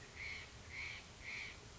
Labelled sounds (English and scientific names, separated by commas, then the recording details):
Steller's Jay (Cyanocitta stelleri)
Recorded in Sonoma County, California